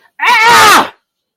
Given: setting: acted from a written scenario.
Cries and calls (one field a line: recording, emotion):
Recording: vocal sound without words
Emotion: anger